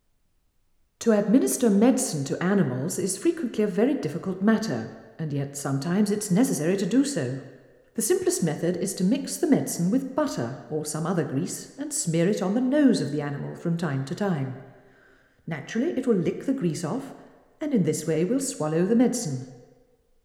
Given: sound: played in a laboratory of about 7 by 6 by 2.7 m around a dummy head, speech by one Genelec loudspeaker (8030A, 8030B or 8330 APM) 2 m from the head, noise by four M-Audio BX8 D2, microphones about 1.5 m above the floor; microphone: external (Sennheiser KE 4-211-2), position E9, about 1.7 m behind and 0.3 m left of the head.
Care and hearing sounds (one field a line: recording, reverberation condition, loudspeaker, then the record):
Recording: female speech in English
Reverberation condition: high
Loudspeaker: behind (180 degrees)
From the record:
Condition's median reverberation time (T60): about 1300 ms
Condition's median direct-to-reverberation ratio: about -4.0 dB